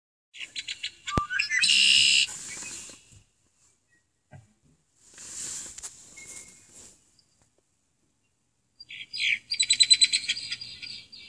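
Red-winged blackbird song: three bouts, each a few short clicky introductory notes followed by a harsh, buzzy rattling trill.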